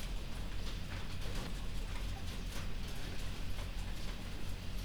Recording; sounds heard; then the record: poultry house recording; healthy chickens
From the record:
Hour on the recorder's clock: 0